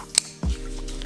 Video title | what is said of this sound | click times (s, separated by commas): how I make videos 🎥 BEHIND THE SCENES! | snaps in place. | 0.2 s